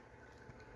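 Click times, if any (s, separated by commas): none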